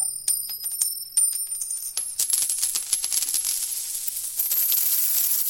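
Water drops dripping from a leaking household tap, mixed with the metallic clinks of dropping coins, a busy run of sharp ticks and bright high ringing tones that thickens toward the end, with no voices.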